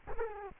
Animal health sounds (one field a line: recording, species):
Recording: mosquito wingbeat signal from an infrared sensor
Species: Culex quinquefasciatus